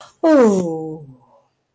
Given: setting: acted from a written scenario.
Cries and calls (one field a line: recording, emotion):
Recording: vocal sound without words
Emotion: relief